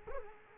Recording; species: mosquito wingbeat signal from an infrared sensor; Culex quinquefasciatus